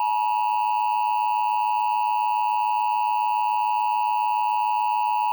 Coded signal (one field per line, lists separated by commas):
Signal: Emergency Alert System (SAME) tones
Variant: 853 and 960 Hz attention tone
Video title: EAS Recreation 1: 2013 Montana Zombie Alert